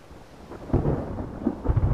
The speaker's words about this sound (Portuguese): Sabes, é melhor irmos para dentro. A tempestade está a aproximar-se.